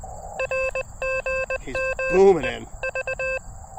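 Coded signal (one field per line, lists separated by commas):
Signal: Morse code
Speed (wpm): 20 wpm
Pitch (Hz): 520 Hz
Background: speech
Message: R GM EV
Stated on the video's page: CW Parks on the Air activation with an Elecraft KX2 and Gabil GRA 7350TC antenna in a town park with much RF noise; conditions decent.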